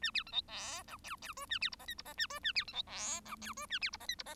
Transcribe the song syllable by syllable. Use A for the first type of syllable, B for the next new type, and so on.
A B C D E F G G H A B I J K I J A H A B C D E F G H A B I J K I J